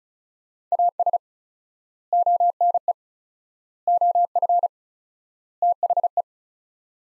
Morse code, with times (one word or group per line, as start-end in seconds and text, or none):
0.7-1.2 AS
2.1-2.9 ONE
3.9-4.7 OF
5.6-6.2 THE